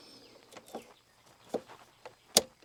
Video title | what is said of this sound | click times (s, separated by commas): Transmission Mount Replacement 07 Ford Edge 3.5L | Make sure it snaps into place. | 2.4 s